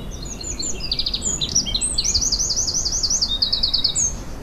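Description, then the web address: Bird song of high, rapid trilled and zigzagging phrases, quick runs of sharp notes, over a steady low background rumble. Native hedgerow bird in April. "oeko hecke vogel april vogel heimisch"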